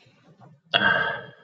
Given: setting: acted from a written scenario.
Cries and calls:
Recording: vocal sound without words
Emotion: contentment

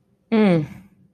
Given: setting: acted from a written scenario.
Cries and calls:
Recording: vocal sound without words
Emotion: contempt

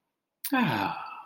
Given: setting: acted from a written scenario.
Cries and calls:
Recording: vocal sound without words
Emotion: contentment

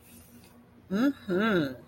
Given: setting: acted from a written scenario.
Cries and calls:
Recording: vocal sound without words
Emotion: desire

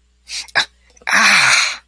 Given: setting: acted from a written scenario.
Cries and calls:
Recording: vocal sound without words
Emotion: pain

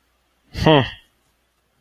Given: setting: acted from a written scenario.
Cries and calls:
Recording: vocal sound without words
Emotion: neutral

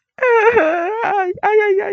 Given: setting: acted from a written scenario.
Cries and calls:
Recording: vocal sound without words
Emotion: pain

